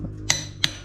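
A click-type torque wrench set to 80 tightens the steel flywheel bolts on an engine crankshaft in a final star-pattern pass, with a steady low hum underneath. Two sharp metallic clicks sound at 0.3 s and 0.6 s, each one the wrench clicking to show the bolt has reached 80.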